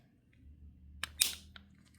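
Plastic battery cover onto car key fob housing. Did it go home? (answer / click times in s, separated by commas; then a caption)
yes / 1.0 s, 1.2 s. A plastic battery cover is pressed onto a VW car key fob housing, one side seated first and then the other side pushed over. Two sharp plastic snaps are heard at 1.0 s and 1.2 s as both clips catch, followed by a few faint ticks. The cover is seated and the fob is back together.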